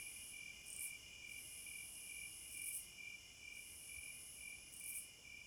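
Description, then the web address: Steady cricket chirping in quick even beats, and a high sizzling insect buzz repeating in long phrases. Night forest ambience, described as a midnight concert. "Sounds of Nature Hypnotizing Forest- Wolves, Crickets, Owls and Singing Birds Midnight Concert"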